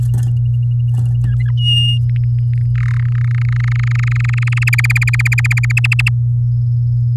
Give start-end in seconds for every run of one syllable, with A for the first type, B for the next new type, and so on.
1.25-1.51 A, 1.57-1.99 B, 2.09-2.58 C, 2.75-3.01 D, 3.02-4.70 E, 4.73-5.72 F, 5.77-6.09 G